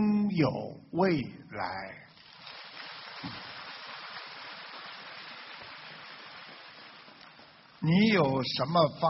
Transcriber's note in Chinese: 掌声